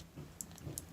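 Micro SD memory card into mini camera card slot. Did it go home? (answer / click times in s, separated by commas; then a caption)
yes / 0.4 s, 0.8 s. A micro SD memory card is slid into the card slot of an Ansteker remote wireless mini camera, back side facing front, and pushed in until it locks in place. Two sharp clicks are heard at 0.4 s and 0.8 s, with fainter ticks in between over a low hum. The card seats and latches in the slot.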